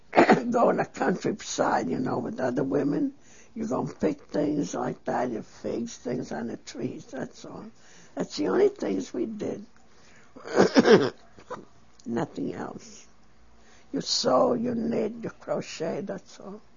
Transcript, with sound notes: going to the countryside, you know, with other women, you go and pick things like bags of figs, things on the trees, that's all. That's the only things we did. ( she clears her throat ) Nothing else. You sew, you knit, you crochet, that's all.